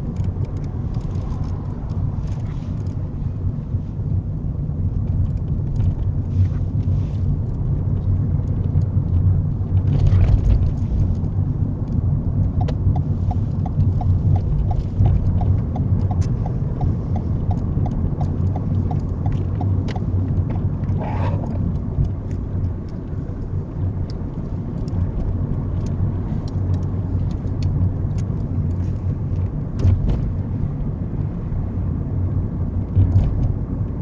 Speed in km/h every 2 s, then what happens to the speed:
23, 21, 24, 27, 26, 26, 29, 34, 37, 35, 37, 37, 37, 35, 35, 37, 37.
2-6 speeds up to 27. 6-11 steady at about 26. 11-16 speeds up to 37. 16-34 steady at about 37.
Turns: 0-13.